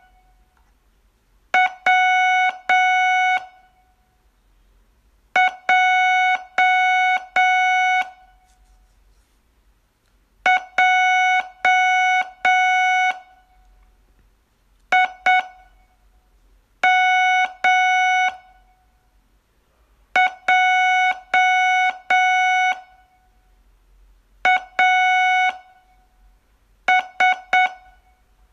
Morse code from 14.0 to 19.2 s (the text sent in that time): I M